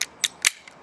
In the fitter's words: till you hear that once you hear that click that is not coming out